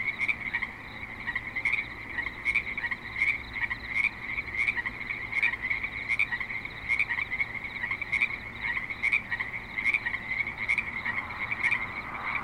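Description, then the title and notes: Frog chorus of repeated raspy croaks at a fairly steady pace, with a brief broader noise near the end. Several frogs at a creek in Spanish Springs, Nevada, USA, in a suburban setting. "Frogs in Spanish Springs, NV - creek view. Frogs with light traffic and other suburban sounds"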